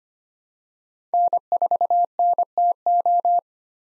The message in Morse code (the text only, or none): N4NTO